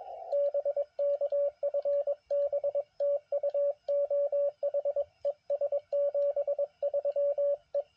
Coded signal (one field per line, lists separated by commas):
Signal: Morse code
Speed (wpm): 21 wpm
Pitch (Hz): 560 Hz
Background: radio noise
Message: BK FB TU OH ES 73 E